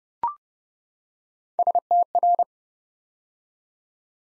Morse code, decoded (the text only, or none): STR